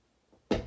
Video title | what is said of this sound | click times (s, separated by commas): Will I Break My Board? First Time Removing FCS II Fins With Fin Puller. | there we go and then boom it just pops right in nice okay | 0.5 s